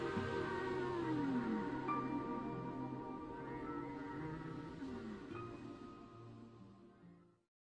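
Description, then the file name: Whale song of descending glides and short held tones over a low drone, the whole chorus gradually fading to silence. "Chant des baleines - whales singing"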